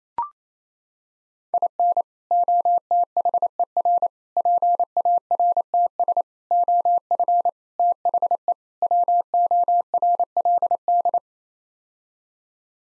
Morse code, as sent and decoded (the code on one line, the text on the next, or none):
.. -. / --- - .... . .-. / .--. .- .-. - ... / --- ..-. / - .... . / .-- --- .-. .-.. -..
IN OTHER PARTS OF THE WORLD